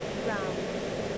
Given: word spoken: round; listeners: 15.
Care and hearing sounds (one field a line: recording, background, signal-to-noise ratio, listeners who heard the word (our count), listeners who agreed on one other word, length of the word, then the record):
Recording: one English word in noise, from a listening test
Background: speech-shaped noise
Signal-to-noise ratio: -6.5 dB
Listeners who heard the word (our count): 2 of 15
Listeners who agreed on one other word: 12 of 15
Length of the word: 0.78 s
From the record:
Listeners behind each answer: 12, 2, 1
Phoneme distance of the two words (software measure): 7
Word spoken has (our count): 1 syllable, 4 phonemes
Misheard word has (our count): 1 syllable, 5 phonemes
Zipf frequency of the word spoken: 5.71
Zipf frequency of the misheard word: 5.19